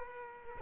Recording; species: mosquito wingbeat signal from an infrared sensor; Culex quinquefasciatus